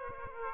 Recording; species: mosquito wingbeat signal from an infrared sensor; Aedes aegypti